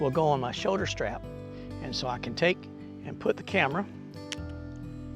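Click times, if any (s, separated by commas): 4.3 s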